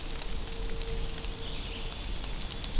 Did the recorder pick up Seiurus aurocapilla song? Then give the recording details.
no. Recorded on 24 June 2016 at 07:55. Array SBT-6-76